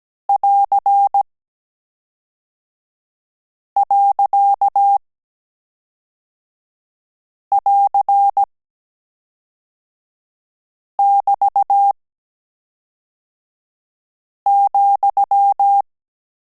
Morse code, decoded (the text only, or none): <AR>.<AR><BT>,